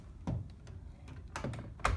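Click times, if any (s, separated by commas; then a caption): 1.9 s. A plastic Qolsys IQ Panel alarm control panel, its battery plugged in, is flipped up and pressed onto its wall-mounted back plate, with soft handling knocks and taps around 0.3 s and 1.4 s. It latches with a sharp click at 1.9 s, seating the panel on the back plate, which is then ready to be secured with the top screw so it doesn't fall off the wall.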